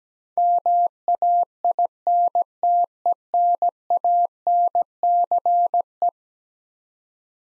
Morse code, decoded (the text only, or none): MAINTENANCE